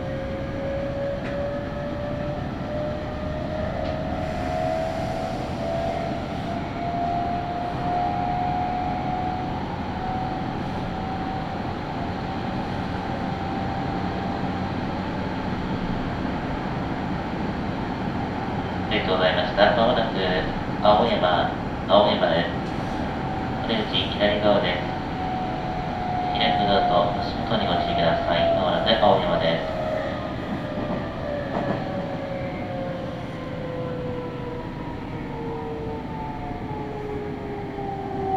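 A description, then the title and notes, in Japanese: A train rumbles along steadily with a low hum and gentle rising whine, while rapid clattering and clicking bursts break in between about 19 and 30 seconds. ガタンゴトンの旅 名古屋鉄道 阿久比→内海 普通。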